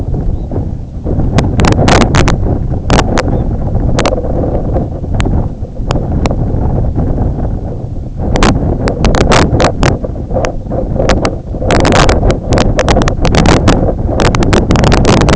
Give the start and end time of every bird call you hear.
[0.31, 0.48] Red Phalarope (3.2-4.0 kHz)
[3.25, 3.47] Red Phalarope (3.0-3.9 kHz)

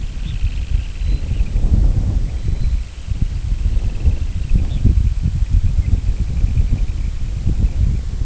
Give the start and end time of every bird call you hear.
[0.01, 1.61] Semipalmated Sandpiper (1.4-4.7 kHz)
[0.15, 0.42] Red Phalarope (3.1-4.0 kHz)
[0.95, 1.25] American Golden-plover (3.9-4.3 kHz)
[2.23, 8.07] Semipalmated Sandpiper (1.5-4.6 kHz)
[2.27, 2.88] American Golden-plover (3.0-4.2 kHz)
[4.63, 4.86] Red Phalarope (3.0-4.2 kHz)

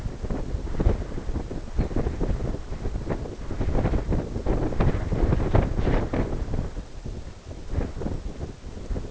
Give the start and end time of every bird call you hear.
[1.71, 1.94] Lapland Longspur (3.5-4.6 kHz)

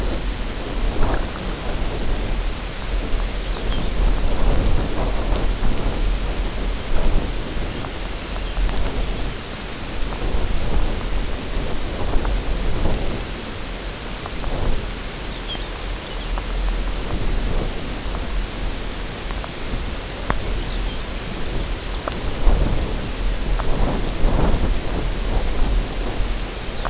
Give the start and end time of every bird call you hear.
[3.42, 3.92] Lapland Longspur (3.0-5.2 kHz)
[6.85, 7.19] Lapland Longspur (4.5-6.5 kHz)
[7.77, 8.01] Lapland Longspur (5.2-6.2 kHz)
[8.37, 9.29] Lapland Longspur (2.9-5.6 kHz)
[15.23, 16.34] Lapland Longspur (2.5-5.3 kHz)
[20.57, 21.08] Lapland Longspur (3.0-5.0 kHz)
[21.47, 21.72] Lapland Longspur (4.3-5.2 kHz)
[26.65, 26.88] Lapland Longspur (2.8-4.8 kHz)

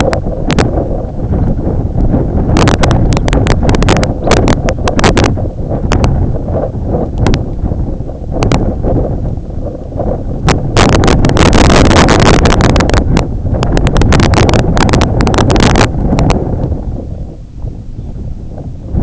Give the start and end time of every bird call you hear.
[1.34, 1.48] Red Phalarope (3.5-4.6 kHz)
[3.04, 3.27] Red Phalarope (2.7-4.0 kHz)
[4.14, 4.35] Red Phalarope (3.2-4.5 kHz)
[17.89, 18.15] Red Phalarope (2.8-4.3 kHz)

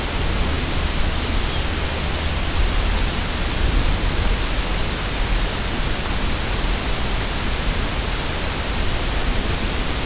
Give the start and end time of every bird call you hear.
[1.41, 1.70] Lapland Longspur (3.0-3.7 kHz)

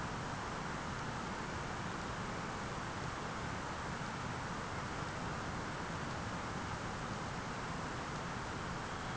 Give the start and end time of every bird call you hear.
[0.41, 6.91] Dunlin (1.6-3.0 kHz)
[8.35, 9.16] Dunlin (2.3-4.5 kHz)

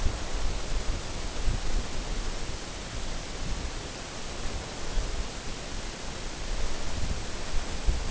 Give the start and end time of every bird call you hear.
[4.62, 5.05] Lapland Longspur (3.1-4.4 kHz)

